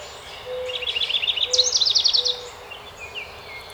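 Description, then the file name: House wren song, one quick cascade of chattering high notes rising into a bright rattling trill, with soft low whistles underneath. Recorded on 12 May 2018. "2018-05-12 HOWR"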